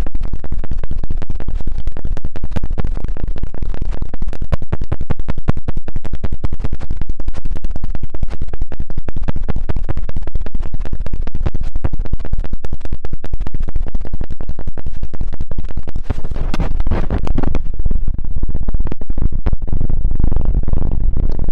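An ear cleaning massage: dense, rapid scratching and rubbing crackles nonstop for the whole stretch, loud and full with a strong low rumble underneath. Near seventeen seconds the sharper, brighter crackle thins out, leaving softer, duller rubbing through the end.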